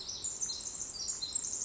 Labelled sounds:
Pacific Wren

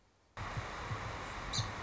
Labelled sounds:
Song Sparrow

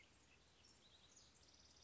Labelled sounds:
House Wren

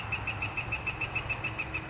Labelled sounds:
Northern Flicker

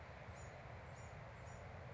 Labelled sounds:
Bewick's Wren

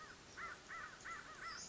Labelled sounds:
American Crow

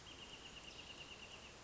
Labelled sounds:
Wrentit

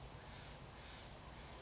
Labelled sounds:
Western Flycatcher

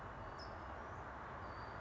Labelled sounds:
California Towhee

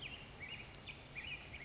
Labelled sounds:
Black-headed Grosbeak

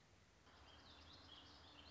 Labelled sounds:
Warbling Vireo

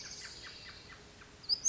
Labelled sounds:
Pacific Wren

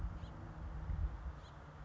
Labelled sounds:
House Finch

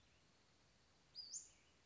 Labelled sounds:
Western Flycatcher

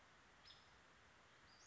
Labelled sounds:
Western Flycatcher

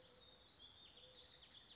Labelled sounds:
Mourning Dove

